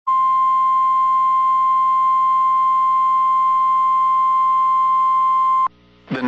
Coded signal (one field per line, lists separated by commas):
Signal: Emergency Alert System (SAME) tones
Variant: 1050 Hz attention tone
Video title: EAS 1676-1685 (4/13/22)